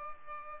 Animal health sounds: mosquito wingbeat signal from an infrared sensor; Culex pipiens

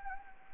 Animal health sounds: mosquito wingbeat signal from an infrared sensor; Anopheles gambiae

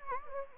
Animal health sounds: mosquito wingbeat signal from an infrared sensor; Anopheles gambiae

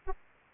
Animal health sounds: mosquito wingbeat signal from an infrared sensor; Anopheles arabiensis

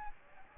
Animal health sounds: mosquito wingbeat signal from an infrared sensor; Aedes aegypti

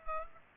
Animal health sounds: mosquito wingbeat signal from an infrared sensor; Culex pipiens

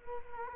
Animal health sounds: mosquito wingbeat signal from an infrared sensor; Culex quinquefasciatus

